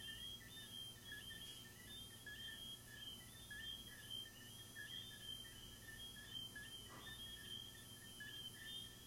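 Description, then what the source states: Crickets chirping steadily, rapid pulses at a high pitch with a lower band of chirps, a couple of faint short sounds, continuous low hum. Crickets recorded in the recordist's garden.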